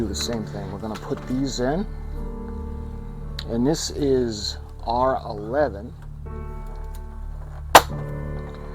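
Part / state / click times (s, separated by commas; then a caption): plastic model part into ship model hull/assembly / seated / 7.8 s. A plastic part labeled R11 for an AGORA Models 1:200 scale R.M.S. Titanic model is pushed into its mounting on the ship assembly while someone talks over steady background music. The part snaps into place with a single sharp click at 7.8 seconds, and it is seated.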